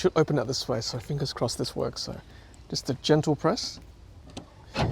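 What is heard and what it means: Someone talks while gently pressing the side-opening release latch on the split barn-door tailgate of a 2025 GWM Cannon Alpha Ultra PHEV ute, trying to swing it open sideways. The latch fails to release and nothing has clicked yet, because the release is fiddly.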